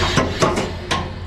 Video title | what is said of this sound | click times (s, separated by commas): Day in the Life of a Trucker: Driving Through Downtown Pittsburgh, PA (The Steele City) | Oh, I like that snap. I like hearing that snap. | 0.9 s